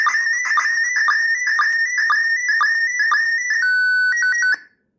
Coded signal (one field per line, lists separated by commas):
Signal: SSTV (slow-scan television)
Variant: PD 120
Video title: Repairing My VHF Delta Loop Antenna in Preparation for SSTV Event!